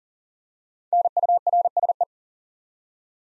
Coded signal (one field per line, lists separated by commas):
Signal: Morse code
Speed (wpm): 38 wpm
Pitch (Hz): 700 Hz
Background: none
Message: NURSE